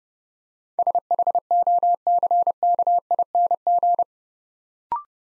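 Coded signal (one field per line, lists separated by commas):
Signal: Morse code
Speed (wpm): 30 wpm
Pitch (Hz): 700 Hz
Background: none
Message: SHOCKING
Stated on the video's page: Beginner Morse practice building 8-letter words three letters at a time at 30 wpm, for instant character recognition.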